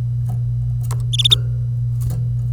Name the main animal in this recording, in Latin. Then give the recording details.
Serinus canaria. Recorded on 25 April 2018 at 08:47. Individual llb3